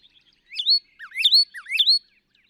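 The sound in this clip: Northern cardinal song: three clear whistled phrases, each a low upslur jumping to a bright, rising note, repeated about every half second.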